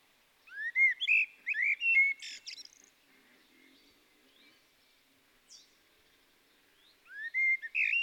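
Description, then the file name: Common blackbird song, a phrase of fluty slurred whistles followed by a sharp high twittering tail, then a new phrase starting after a pause. "Turdus merula"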